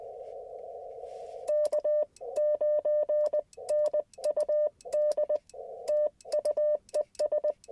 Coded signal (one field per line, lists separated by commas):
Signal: Morse code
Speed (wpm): 20 wpm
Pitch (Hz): 600 Hz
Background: none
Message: K9NUD TU ES